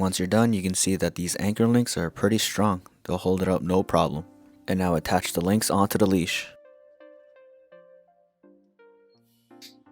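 Someone talks while handling anchor links for a camera leash strap, then quiet music plays with faint handling noises near the end. The anchor links are being attached onto the leash connectors, but nothing has seated or snapped into place yet.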